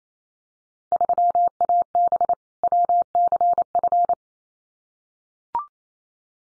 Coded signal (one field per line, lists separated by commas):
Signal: Morse code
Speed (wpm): 28 wpm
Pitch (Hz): 700 Hz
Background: none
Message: 3AB WCF